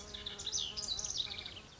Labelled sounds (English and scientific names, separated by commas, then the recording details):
Lazuli Bunting (Passerina amoena)
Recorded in Sonoma County, California